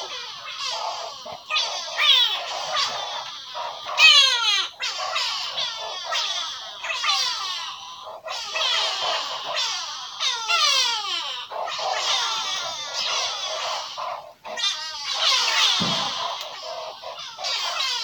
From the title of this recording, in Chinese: 南非西北省Skuinsdrift的Marico-Bosveld